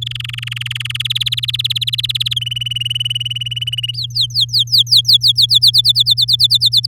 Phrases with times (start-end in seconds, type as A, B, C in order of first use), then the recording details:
0.01-0.97 A, 0.99-2.34 B, 2.36-3.91 C, 3.93-5.59 D, 5.61-6.86 E. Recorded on 9 May 2018 at 10:57. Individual llb16